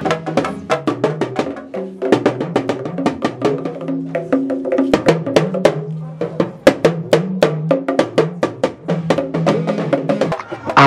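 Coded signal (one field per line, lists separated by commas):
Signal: talking drum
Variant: Yoruba dundun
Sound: fast regular drum strokes with low tones that bend and shift pitch, ensemble drumming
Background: other percussion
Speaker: the bata and talking drums performers had besieged the entrance of the ballet and churning out folklore messages on panagiariks of igualapala with their talking drums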